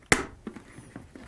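A plastic side cover on a Nolan N20 helmet gets a firm push and snaps loudly onto the visor mechanism at 0.1 s, seating it. A few softer taps and rattles follow as the parts settle. No speech is heard in the clip.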